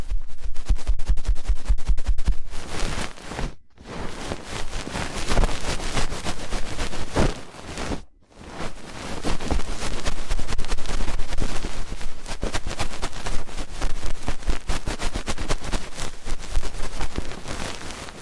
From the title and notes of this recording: ASMR Fast & Intense Ear Cleaning 3Dio (No Talking).